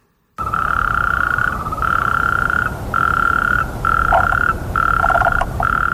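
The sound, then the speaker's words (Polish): A loud chorus of frogs croaking at night in a large muddy flooded puddle, in long, steady pulsing bursts with short gaps between them, a buzzy mid-pitched trill over a constant low background rumble, with no talking. “A skoro tak, to zagnieździły się tam żaby. Skoro tak, to rechoczą na potęgę i zakłócają ciszę nocną.”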